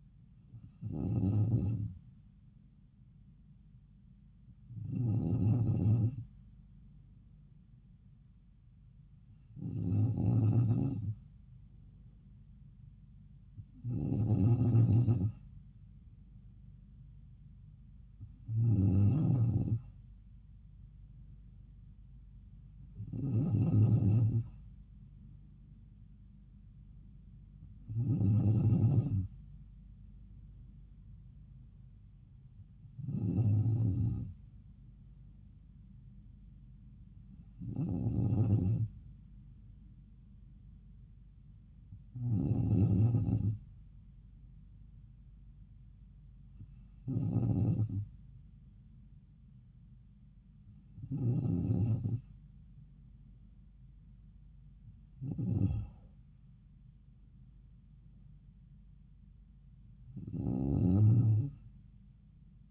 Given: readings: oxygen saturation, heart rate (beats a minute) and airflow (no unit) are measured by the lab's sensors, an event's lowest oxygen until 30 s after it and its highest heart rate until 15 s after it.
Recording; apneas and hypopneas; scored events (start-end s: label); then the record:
breathing in sleep by a smartphone at the bedside; none
none scored
From the record:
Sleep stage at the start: N2 (light sleep); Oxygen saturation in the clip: 94%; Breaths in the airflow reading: 14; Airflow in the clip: -3.8 to 6.0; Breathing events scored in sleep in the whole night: 270 in 6.1 hours asleep